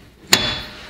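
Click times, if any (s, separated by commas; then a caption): none. A disengaged spring-loaded locking pin on a rear bagger mount bracket is let go and snaps back with a sharp metallic hit at 0.3 s, followed by a brief ringing decay. The pin does not go into its locking hole, so nothing has seated or clicked yet.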